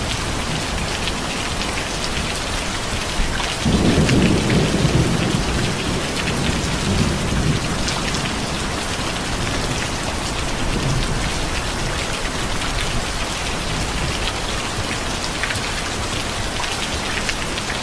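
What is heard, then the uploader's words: Steady, dense rain hisses throughout, while a low rolling rumble of thunder swells around four seconds in and fades by about eleven. Rain and Thunder.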